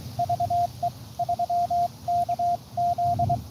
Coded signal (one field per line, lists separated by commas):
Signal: Morse code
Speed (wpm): 23 wpm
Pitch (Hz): 690 Hz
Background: radio noise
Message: VE3KZ